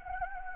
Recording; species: mosquito wingbeat signal from an infrared sensor; Anopheles gambiae